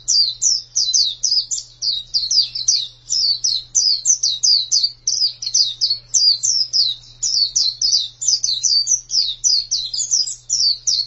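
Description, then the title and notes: White-eye singing a steady stream of high, quick twittering phrases, each a cluster of short descending chirps, with a constant low hum behind. "Suara kicauan burung pleci"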